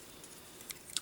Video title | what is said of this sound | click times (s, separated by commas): Microblaze Creations MILITARY TITANS: PART 2 (FOC Bruticus): EmGo's Transformers Reviews N' Stuff | and that will snap into place | 1.0 s